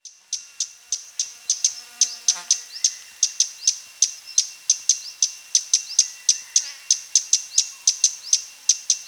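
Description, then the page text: Scarlet-backed flowerpecker giving sharp, very high clicking tick notes, repeated rapidly and steadily throughout, with faint lower sounds briefly in the background. "Scarlet-Backed Flowerpecker Calls Sound Effect. Quick Sounds"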